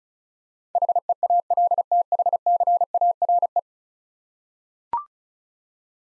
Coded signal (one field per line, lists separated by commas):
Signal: Morse code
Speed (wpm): 36 wpm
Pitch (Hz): 700 Hz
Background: none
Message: HEALTHCARE